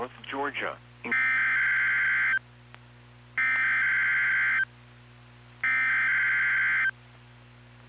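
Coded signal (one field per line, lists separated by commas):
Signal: Emergency Alert System (SAME) tones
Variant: header bursts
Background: speech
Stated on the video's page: NOAA Weather Radio alert for a Winter Storm Warning on transmitter KXI22.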